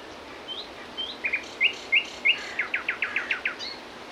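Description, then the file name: Common nightingale song: a few short whistled notes, then sharp repeated chips, ending in a fast series of notes. "Luscinia megarhynchos"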